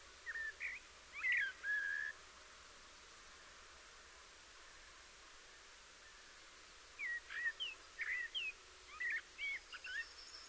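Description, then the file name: Eurasian blackbird song: an opening fluty phrase, a long pause, then a longer string of varied mellow whistles and slurred notes. "Turdus merula"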